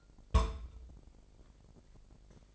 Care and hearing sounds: daily activity, microphone in the room; place on stove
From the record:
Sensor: 5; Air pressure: 999.4 hPa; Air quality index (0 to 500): 223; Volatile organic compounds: 21 ppm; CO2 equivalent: 2724 ppm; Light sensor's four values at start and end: 30/68/28/28 and 31/70/29/28

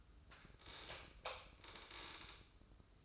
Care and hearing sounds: daily activity, microphone in the room; light off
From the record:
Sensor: 2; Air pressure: 995.3 hPa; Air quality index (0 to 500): 76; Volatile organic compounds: 3 ppm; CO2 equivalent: 1347 ppm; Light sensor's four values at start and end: 12/36/14/14 and 8/18/7/8

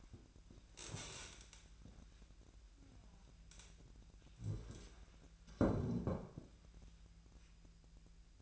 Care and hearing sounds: daily activity, microphone in the room; stand up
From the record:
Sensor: 2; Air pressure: 1001.4 hPa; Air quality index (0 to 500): 242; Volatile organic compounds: 75 ppm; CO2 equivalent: 3567 ppm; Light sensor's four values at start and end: 11/26/11/11 and 9/21/9/9

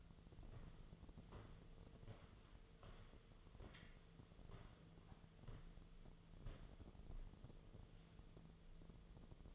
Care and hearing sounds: daily activity, microphone in the room; walk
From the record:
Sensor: 4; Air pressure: 1006.2 hPa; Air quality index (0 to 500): 86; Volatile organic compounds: 2 ppm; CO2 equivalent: 1056 ppm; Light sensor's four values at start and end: 12/28/11/10 and 12/28/11/10

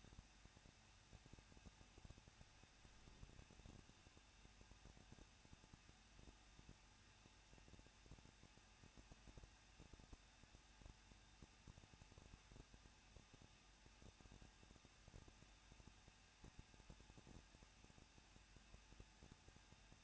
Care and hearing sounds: daily activity, microphone in the room; no activity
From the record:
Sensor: 2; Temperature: 21.0 degrees Celsius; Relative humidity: 37.4%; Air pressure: 1006.2 hPa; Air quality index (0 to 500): 221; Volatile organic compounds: 24 ppm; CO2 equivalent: 2797 ppm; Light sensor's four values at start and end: 2/3/2/2 and 2/3/2/2

